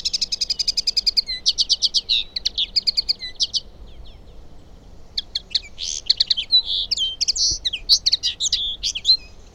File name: kenderike hangja